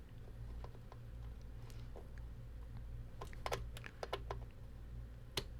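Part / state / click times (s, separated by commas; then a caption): torque wrench on CPU socket retention screw / torque reached / 5.4 s. The supplied torque wrench tightens a Threadripper CPU socket retention screw until it clicks at its set torque. Light ticking sounds come at about 3.5 s and 4.0–4.1 s over a steady low hum, then one sharp, louder click at 5.4 s confirms the set torque is reached.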